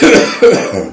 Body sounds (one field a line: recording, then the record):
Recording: coughing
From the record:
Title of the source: Spring Cold Coughing 3